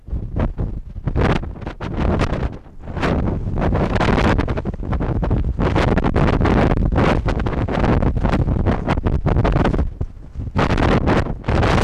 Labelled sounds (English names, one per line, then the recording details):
Arctic Fox
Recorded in the wild
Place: Insel Mednyi, Kommandeur-Inseln, RU
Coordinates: 54.5167, 168.083
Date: 1999-08-24
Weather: 8°C, bedeckt
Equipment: Sony WM-D6C, Sennheiser ME 80, K 30 AV, Windkorb, Kopie Tascam DA 30
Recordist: Jakupi, Antje